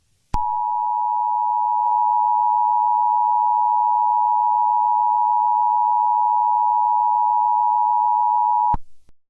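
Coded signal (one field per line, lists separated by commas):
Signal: Emergency Alert System (SAME) tones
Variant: 853 and 960 Hz attention tone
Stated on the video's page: Fictional EAS scenario, not a real alert.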